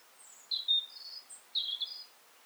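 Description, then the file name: European robin song: several short, high, thin warbled phrases of sweet varied notes, separated by brief pauses, with no other sounds. "Erithacus rubecula"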